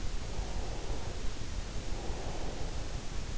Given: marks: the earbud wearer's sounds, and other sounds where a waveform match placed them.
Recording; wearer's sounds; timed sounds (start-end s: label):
sounds in sleep by an in-ear microphone; breath
0.12-3.01 s: breath